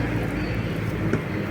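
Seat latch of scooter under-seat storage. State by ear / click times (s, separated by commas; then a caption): seated / 1.1 s. A SYM NAGA scooter seat is pressed down over a medium full-face helmet placed upside down in the under-seat storage, against a steady low rumble of vehicle-like background noise. One distinct click is heard at 1.1 s as the seat latch locks shut, confirming the seat is closed.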